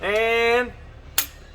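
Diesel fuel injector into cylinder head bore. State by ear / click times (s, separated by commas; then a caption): seated / 1.2 s. Someone talks briefly, then a new diesel fuel injector for a 2014 Volvo D13 engine is pushed down into its bore in the cylinder head. It pre-seats with a single sharp snap at 1.2 s, after which the injector is seated.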